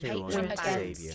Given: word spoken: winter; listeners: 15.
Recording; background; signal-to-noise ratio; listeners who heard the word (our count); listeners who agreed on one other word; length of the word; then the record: one English word in noise, from a listening test; four-talker babble; -1.1 dB; 0 of 15; 6 of 15; 0.75 s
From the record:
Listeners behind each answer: 6, 3, 2, 1, 1, 1, 1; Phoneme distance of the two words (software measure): 51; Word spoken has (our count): 2 syllables, 5 phonemes, stress on syllable 1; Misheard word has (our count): 2 syllables, 6 phonemes, stress on syllable 1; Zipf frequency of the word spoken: 4.83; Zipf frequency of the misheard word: 3.65